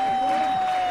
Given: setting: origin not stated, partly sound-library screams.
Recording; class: one-second piece from a danger detection set; normal situation